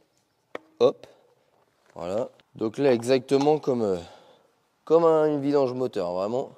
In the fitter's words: nouveau filtre donc il vient se clipser sur l'embase ici hop